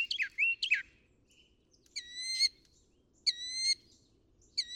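Northern mockingbird song: quick twisting notes followed by a clear, level whistled phrase repeated several times with pauses between.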